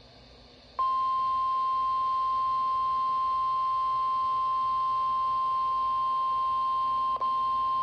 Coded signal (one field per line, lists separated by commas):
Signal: Emergency Alert System (SAME) tones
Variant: 1050 Hz attention tone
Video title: NOAA Weather Radio - Severe Thunderstorm Warning [EAS #186] (6/2/22)